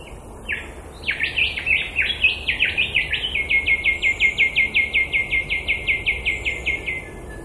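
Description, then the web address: Honeyeater giving a long run of rapid, clipped notes, first jumbled and uneven, then settling into a steady even series, over faint background hiss. Swamp habitat. "Sound Effects-Foundation 1 BIRD HONEY EATER SWAMP CALL"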